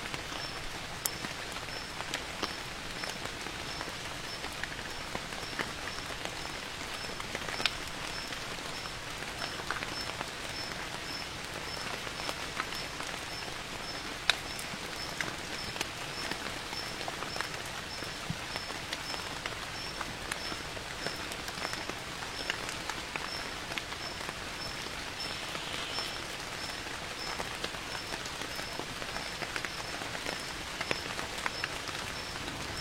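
Steady rain falls throughout, a dense, even hiss that holds at the same level from start to finish. Sharp drops tick and patter constantly on a surface, with a few louder splats standing out, around seven and fourteen seconds.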